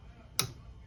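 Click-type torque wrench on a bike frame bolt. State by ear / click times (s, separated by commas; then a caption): torque reached / 0.4 s. A 3/8 in click-type torque wrench set to 13.8 Nm tightens a bolt on a carbon mountain bike frame. After a low background hum, a single sharp click sounds at 0.4 s with a brief ringing tail. The wrench breaks at its set torque, confirming the bolt has reached 13.8 Nm.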